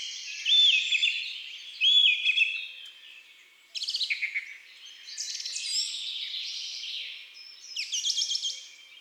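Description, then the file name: Song thrush repeating a clear whistled phrase twice, then rapid stuttering notes and trills. Woodland and forest birds. "Grive musicienne Chants doiseaux des bois et des forets"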